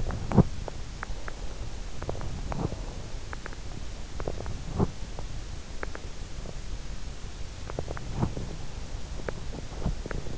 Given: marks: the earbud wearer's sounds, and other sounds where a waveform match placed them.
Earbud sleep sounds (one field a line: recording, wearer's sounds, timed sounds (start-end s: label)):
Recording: sounds in sleep by an in-ear microphone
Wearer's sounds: teeth grinding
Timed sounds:
0.00-0.70 s: teeth grinding
2.06-2.84 s: teeth grinding
4.23-5.15 s: teeth grinding
5.79-6.62 s: teeth grinding
7.62-8.72 s: teeth grinding
9.18-10.38 s: teeth grinding